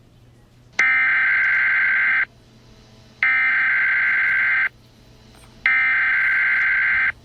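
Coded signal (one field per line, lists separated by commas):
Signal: Emergency Alert System (SAME) tones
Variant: header bursts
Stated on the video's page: Fictional EAS scenario based on a SpongeBob game, made for entertainment.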